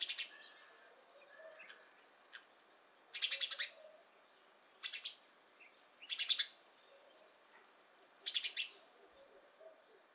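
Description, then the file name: House sparrow chirps in short harsh bursts, a few seconds apart, over a steady high ticking series from another caller and faint background bird notes. "Passer domesticus"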